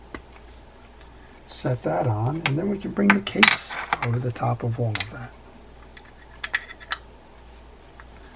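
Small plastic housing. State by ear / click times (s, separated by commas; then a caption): seated / 6.5 s. Someone talks while reassembling a Daiwa BG30 spinning fishing reel, bringing the case half over the gears and bearing and pressing it onto the other half of the housing. After a few light clicks, a sharp snap at 6.5 s marks the case half seating on the reel body with a tight seal.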